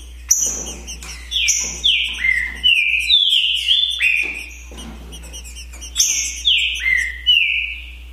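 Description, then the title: Green-winged saltator repeating rich whistled phrases of falling, slurred notes, over a low hum. Song contest between two birds, Naval vs Demolidor, 2022 season. "É UMA DISPUTA DE TRINCA FERRO PERFEITA!! NAVAL VS DEMOLIDOR 2022!"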